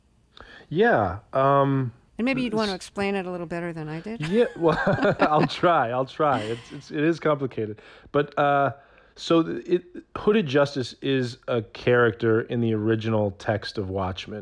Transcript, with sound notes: Yeah.
And maybe you'd want to explain it a little better than I did.
(LAUGHTER)
Yeah. Well, I'll try. I'll try. It is complicated. But so Hooded Justice is a character in the original text of "Watchmen."